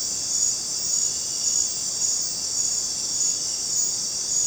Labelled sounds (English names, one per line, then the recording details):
none
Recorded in dense forest near Puerto Asís, Putumayo, Colombia, on 23 June 2025 at 20:00
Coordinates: 0.484, -76.317
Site G045